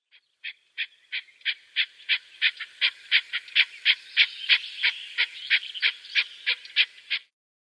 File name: Alectoris chukar